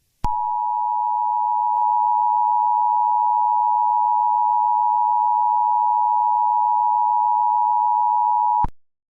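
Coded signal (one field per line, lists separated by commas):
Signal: Emergency Alert System (SAME) tones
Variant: 853 and 960 Hz attention tone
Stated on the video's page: Fictional EAS scenario using valid EAS tones.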